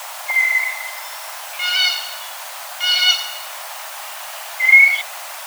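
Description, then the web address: Blue jay sounds: a clear, level whistle, then two buzzy, nasal notes rich in overtones, and a final short whistle, all against a quiet background. Recorded on 4 January 2007. "Blue Jay 2007 01 04"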